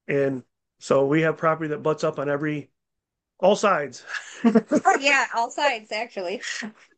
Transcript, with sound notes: And so we have property that butts up on every, all sides (laughs) .
Yeah. All sides actually.